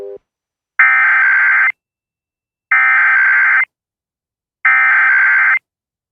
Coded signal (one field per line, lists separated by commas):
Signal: Emergency Alert System (SAME) tones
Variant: header bursts